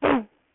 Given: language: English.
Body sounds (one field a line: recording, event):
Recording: throat vibration sensor signal played as sound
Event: throat clearing